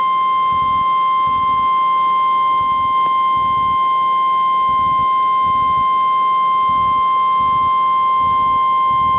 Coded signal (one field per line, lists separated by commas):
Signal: Emergency Alert System (SAME) tones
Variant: 1050 Hz attention tone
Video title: Moamoa toys EAS Tornado🌪 ￼